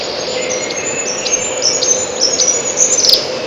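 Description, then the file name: Siberian chiffchaff giving a phrase of thin, high notes, each clipped and slightly varied, spaced unevenly over a continuous low hum. "пеночка печальная"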